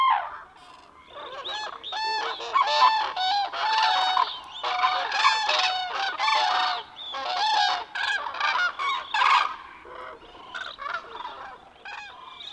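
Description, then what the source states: Common cranes trumpeting in a large flock, loud overlapping bugling calls in a continuous clamour. Large flock gathering at a wetland in early morning before migrating north; deafening clamour of honks and trumpeting audible from kilometres away.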